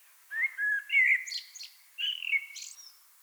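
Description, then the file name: Common blackbird song: two mellow fluted phrases, each ending in a squeaky high twitter, separated by a short pause. "Turdus merula"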